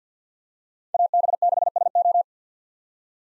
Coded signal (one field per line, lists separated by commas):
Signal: Morse code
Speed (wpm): 50 wpm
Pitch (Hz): 700 Hz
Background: none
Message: AB6SO